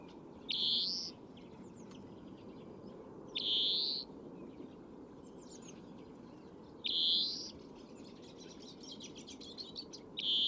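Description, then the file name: European greenfinch repeating its nasal wheeze four times, each rising slightly, about every three seconds, amid faint bird twitters and a steady low rumble. "Chloris chloris"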